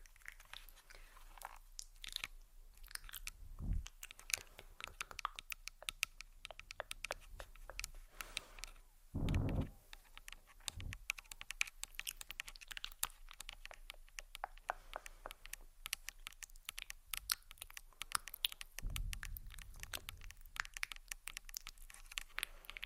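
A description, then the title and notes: Quick tapping on a recorder body, dense irregular clicks throughout, with soft mouth sounds and a few louder low thumps near 4, 9 and 19 seconds. ASMR Subtle Mouth Sounds + Tapping On Tascam.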